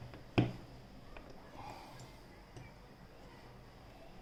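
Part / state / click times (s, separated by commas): press-on case back into watch case / seated / 0.4 s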